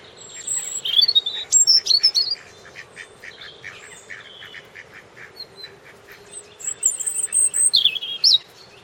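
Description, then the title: Robin song: bursts of high, varied chirps and warbled whistles in two clusters, quiet pauses between, with faint background hiss. "Robin Birds Chirping"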